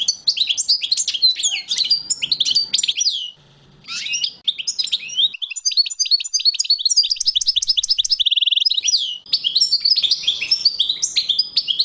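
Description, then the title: European goldfinch delivering continuous tinkling, twittering song with short breaks near three and a half and nine seconds, plus a buzzy trill near eight and a half seconds. "chardonneret"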